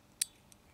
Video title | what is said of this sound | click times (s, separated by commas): Evanix AIR SPEED (Regulated) Semi-Auto FULL REVIEW + Accuracy Testing | there it goes it just snapped right into the spring then | 0.2 s